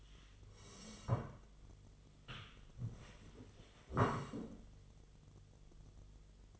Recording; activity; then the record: daily activity, microphone in the room; sit down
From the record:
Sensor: 4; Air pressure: 1006.1 hPa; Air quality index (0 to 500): 102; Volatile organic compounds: 2 ppm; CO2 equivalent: 1284 ppm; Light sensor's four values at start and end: 12/28/11/10 and 12/28/11/10